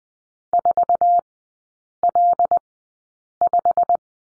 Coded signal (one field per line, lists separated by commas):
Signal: Morse code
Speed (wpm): 20 wpm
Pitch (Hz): 700 Hz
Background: none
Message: 4L5